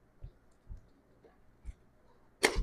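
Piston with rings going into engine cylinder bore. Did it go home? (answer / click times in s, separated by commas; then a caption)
yes / 2.5 s. A forged piston and connecting rod with rings are slowly pushed through a ring compressor into an engine block cylinder bore, with a few faint low thumps as it is eased down. At 2.5 s the rings clear the compressor with a sharp, bright pop, followed by a short rattling tail. The piston is seated in the bore.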